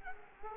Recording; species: mosquito wingbeat signal from an infrared sensor; Culex quinquefasciatus